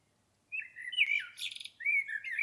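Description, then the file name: Common blackbird singing a low fluty warbled phrase that breaks into a high squeaky twitter, then starts a second mellow whistled phrase. "Turdus merula"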